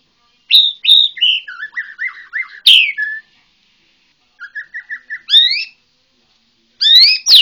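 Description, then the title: White-rumped shama song: whistled notes and a warbled descending run, a sharp sweep, then short repeated notes and rising whistled calls. Bornean white-rumped shama. "MURAI BORNEO MAS KIKI"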